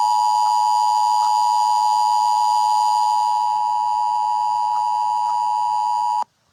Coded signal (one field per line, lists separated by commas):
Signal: Emergency Alert System (SAME) tones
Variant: 853 and 960 Hz attention tone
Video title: EAS SCENARIO EGGDOG INVASION (Two Endings)